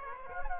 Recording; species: mosquito wingbeat signal from an infrared sensor; Aedes aegypti